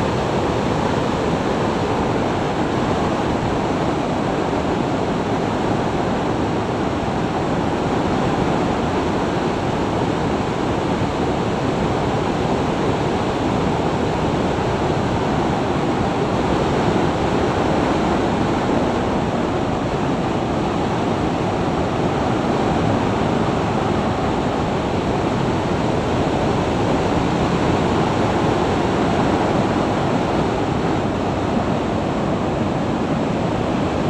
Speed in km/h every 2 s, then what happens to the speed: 103, 99, 98, 99, 103, 101, 102, 102, 98, 98, 96, 91, 98, 97, 90, 85, 83.
0-14 steady at about 101. 14-22 slows to 91. 25-34 slows to 83.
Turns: none.